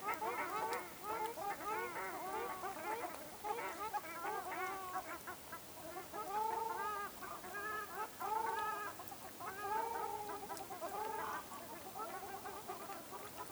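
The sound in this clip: Ruddy shelduck calls: a chorus of arched, nasal, trumpeting honks, several birds calling together, repeated throughout.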